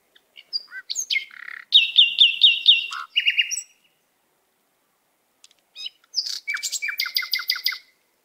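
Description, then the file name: Canary singing quick varied phrases: sharp chirps, then a fast rolling trill of repeated notes, a short gap, and a second bright, rapidly pulsing trill. "Canary Voice"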